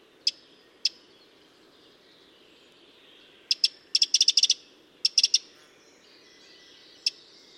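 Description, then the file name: Eurasian wren giving a few spaced sharp ticks, then a fast rattling burst of clicks around the middle, and a last lone tick near the end. "Troglodytes troglodytes"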